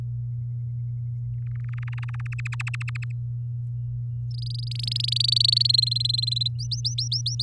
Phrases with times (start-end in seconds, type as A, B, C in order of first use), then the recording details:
1.46-2.27 A, 2.32-3.12 B, 4.31-5.67 C, 5.69-6.48 D, 6.58-7.43 E. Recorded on 8 May 2018 at 05:43. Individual llb16